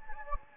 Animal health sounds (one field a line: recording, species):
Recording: mosquito wingbeat signal from an infrared sensor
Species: Anopheles gambiae